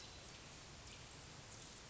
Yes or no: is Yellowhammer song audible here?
no